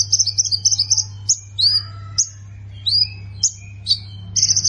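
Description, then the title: Prinia with brief rapid high trills and varied sharp, slurred chirps in between, over a steady low hum. "Ciblek Sawah"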